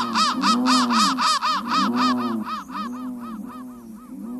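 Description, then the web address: Crow caws, altered into a fast stutter of bending, metallic notes, loud at first and then growing thinner and quieter. Processed crow call, pitch-bent. "soundfactory crow"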